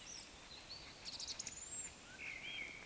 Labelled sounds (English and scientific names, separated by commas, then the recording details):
Eurasian Woodcock (Scolopax rusticola) whistle
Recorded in Baden-Württemberg, Germany, on 20 May 2021 at 19:22 UTC
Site 24606, 635 m above sea level